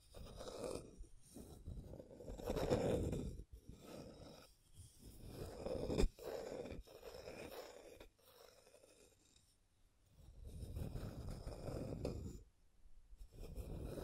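Scratching and tracing strokes: rough, rasping bursts of varying length with brief silent gaps between them, around 3.5, 6 and 12.5 seconds. The strokes sound dull and low rather than bright. A quieter, lighter passage runs from about 8 to 10 seconds.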